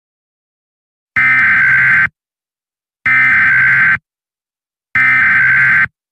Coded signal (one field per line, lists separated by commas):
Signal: Emergency Alert System (SAME) tones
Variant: header bursts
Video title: EAS Scenario #1: Bishops Of The Old Faith